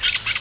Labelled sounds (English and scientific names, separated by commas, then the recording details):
Brown-throated Parakeet (Eupsittula pertinax) contact call
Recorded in Venezuela
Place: Guárico; Corozopando; Fundo La Fe
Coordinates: 8.506, -67.593